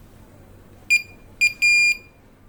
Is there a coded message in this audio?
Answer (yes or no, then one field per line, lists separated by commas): no